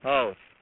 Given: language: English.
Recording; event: throat vibration sensor signal played as sound; speech